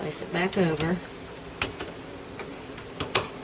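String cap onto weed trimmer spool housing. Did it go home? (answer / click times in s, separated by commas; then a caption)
yes / 3.2 s. Someone talks as the plastic string cap of a Black and Decker electric weed trimmer, lined up with the slots, is placed back over the spool housing and pushed down, with a few light ticks and taps along the way. A sharp snap at 3.2 seconds marks the cap seating into place.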